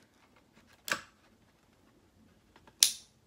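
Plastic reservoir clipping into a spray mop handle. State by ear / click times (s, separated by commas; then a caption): seated / 2.8 s. A removable plastic part of a Lidl spray mop, probably the water reservoir, is pushed into its slot on the handle. A sharp knock at about 0.9 s and a few faint ticks lead to a loud, bright snap at 2.8 s. The part clips in and seats.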